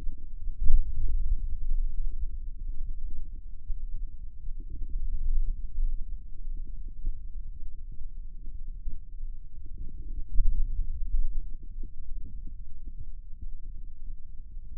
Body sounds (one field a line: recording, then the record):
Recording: forearm muscle sounds (acoustic myography)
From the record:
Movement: hand opening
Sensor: system 2, bracelet of six BSWA MPA416 microphones around the upper forearm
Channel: 4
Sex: male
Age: 22 years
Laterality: right